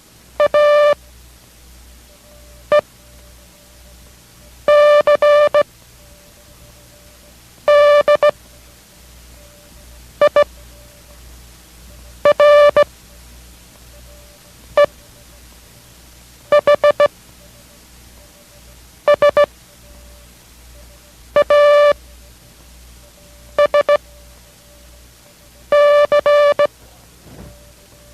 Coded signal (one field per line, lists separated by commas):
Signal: Morse code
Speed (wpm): 16 wpm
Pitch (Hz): 590 Hz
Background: music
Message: A E C D I R E H S A S C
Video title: K6RAU Morse Code Courae - 03 / ARDC